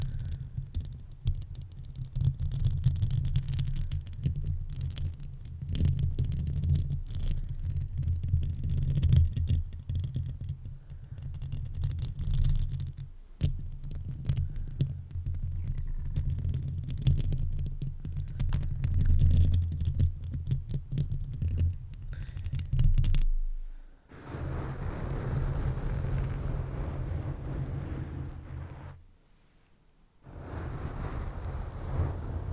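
Rough brushing and scratching against a microphone, with dense crackly strokes over a heavy low rumble for most of the first twenty-three seconds. After a sudden drop near 24 seconds, a softer, hissing foam texture takes over, broken by a brief silence around 29 seconds.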